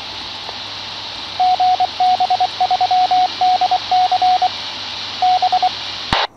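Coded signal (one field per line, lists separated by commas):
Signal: Morse code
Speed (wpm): 24 wpm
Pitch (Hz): 740 Hz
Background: radio noise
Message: GB3DC B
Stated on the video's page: Morse heard via a 2 m amateur repeater, received on a homemade flowerpot antenna compared with a Diamond RH77CA.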